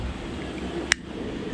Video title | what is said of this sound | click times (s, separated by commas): BOAT LIFE: Getting Hauled Out, in the middle of NO WHERE.. Ep. 234 | a satisfying click | 0.9 s